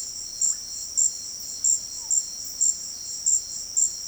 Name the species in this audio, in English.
Russet-backed Oropendola